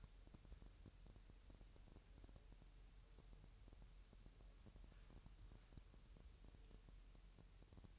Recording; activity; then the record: daily activity, microphone in the room; wipe stove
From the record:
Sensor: 2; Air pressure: 1000.9 hPa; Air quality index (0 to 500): 249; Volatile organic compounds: 99 ppm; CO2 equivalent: 3750 ppm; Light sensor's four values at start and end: 10/24/10/10 and 10/23/10/10